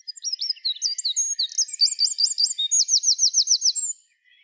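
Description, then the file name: Eurasian wren delivering one energetic, very high song of rapid chattering notes and twisting trills for about four seconds before falling silent. "Troglodytes troglodytes"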